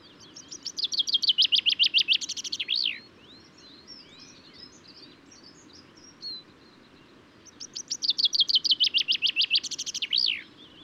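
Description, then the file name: Common chaffinch singing two full phrases, each a fast run of notes ending in a flourish, with soft scattered chirps in between. Recorded at Důl Bílého Labe, Czech Republic, on 22 May 2018. "cchaffin-coelebs-1-M-S cz dul-bileho-labe"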